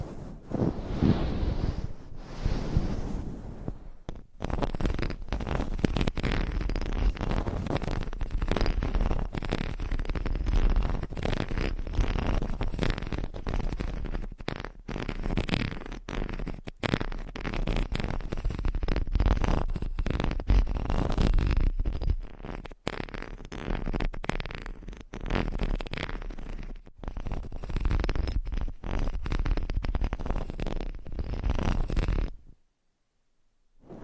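Fast, dense scratching and brushing over a microphone cover, with rustling bursts and taps running steadily after a softer start, then stopping abruptly.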